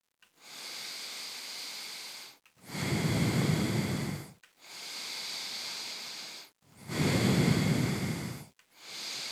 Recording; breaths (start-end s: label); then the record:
nose breathing near a microphone
0.20-2.45 s: inhalation
2.45-4.40 s: exhalation
4.40-6.60 s: inhalation
6.60-8.55 s: exhalation
8.55-9.31 s: inhalation
From the record:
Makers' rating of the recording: medium